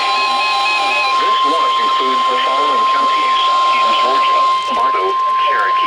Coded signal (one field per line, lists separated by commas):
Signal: Emergency Alert System (SAME) tones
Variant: 1050 Hz attention tone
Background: speech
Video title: I'D JUST MOVED IN!!! (EAS Alerts: #293 - 305) - 12/29/21